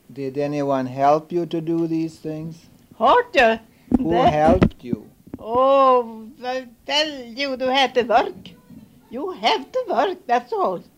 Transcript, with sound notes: Did anyone help you to do these things? Who helped you?
( off-mike voices heard in the background ) Oh, well, you have to work. You have to work, that's all.